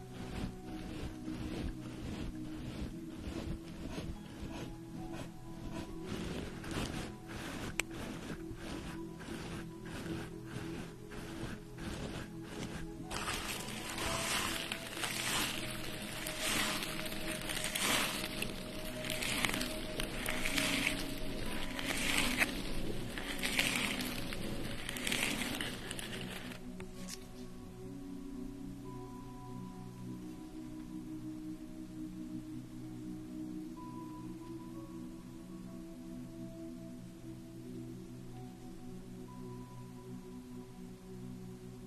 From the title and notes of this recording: Enjoy the sounds of having your facial treatment, with steam, cream, and massage.